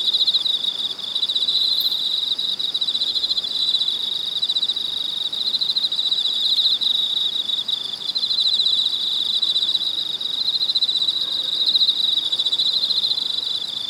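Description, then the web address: Cicada chorus, a steady shrill high-pitched drone with a rapid pulsing texture, holding almost unbroken throughout. Cicadas in Weinan, China. "soundlibrary Sound Scapes China Cicadas Weinan"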